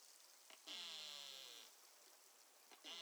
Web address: BELUGA Baffin north AMAR 20150719 T 130650 Z